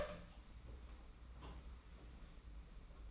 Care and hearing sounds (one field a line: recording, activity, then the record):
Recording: daily activity, microphone in the room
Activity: open door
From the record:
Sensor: 1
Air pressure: 991.6 hPa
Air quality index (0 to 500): 129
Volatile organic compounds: 374 ppm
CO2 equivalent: 4627 ppm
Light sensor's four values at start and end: 33/108/42/43 and 33/108/42/43